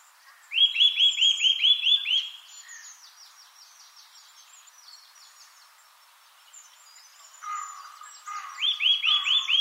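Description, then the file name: Eurasian nuthatch calling a rapid string of eight or so ringing whistled notes, then a lower note and a fresh run at the end, with thin high notes sounding above. "Sitta europaea"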